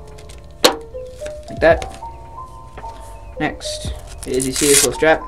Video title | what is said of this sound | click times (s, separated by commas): The KIWI DESIGN Quest 2 BATTERY HEAD STRAP! Is it Good? Worth the buy? | Press it until you hear a click. Two clicks, actually. Like | 0.3 s, 0.7 s